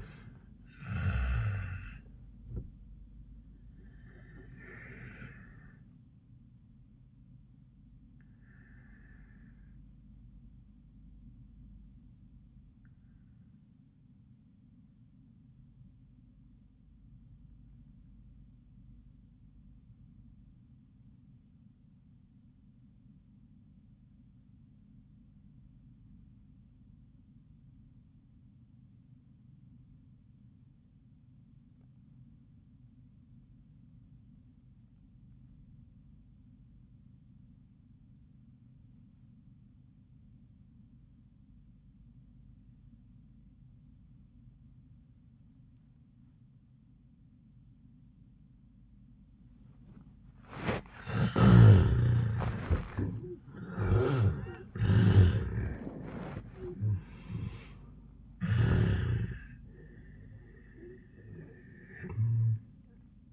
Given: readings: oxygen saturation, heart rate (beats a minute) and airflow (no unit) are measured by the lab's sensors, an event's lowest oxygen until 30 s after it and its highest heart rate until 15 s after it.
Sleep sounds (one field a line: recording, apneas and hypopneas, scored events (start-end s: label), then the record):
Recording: breathing in sleep by a smartphone at the bedside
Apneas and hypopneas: 1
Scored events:
9.00-39.00 s: new sleep stage, REM sleep
10.00-51.20 s: obstructive apnea (REM, oxygen 98% highest, then 73% lowest, heart rate 88 at the start, 100 highest)
39.00-63.33 s: new sleep stage, N1 (lightest sleep)
From the record:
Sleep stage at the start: N1 (lightest sleep)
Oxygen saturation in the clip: 78 to 98%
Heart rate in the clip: 65 to 100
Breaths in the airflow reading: 4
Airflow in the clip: -40.2 to 15.6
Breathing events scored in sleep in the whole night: 400 in 8.7 hours asleep